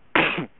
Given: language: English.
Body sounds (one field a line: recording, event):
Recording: throat vibration sensor signal played as sound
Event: cough